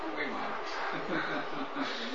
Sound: laughter

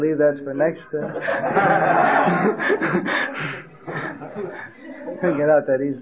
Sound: laughter

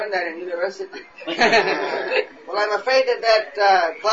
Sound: laugh

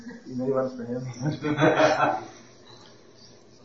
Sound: devotees laugh

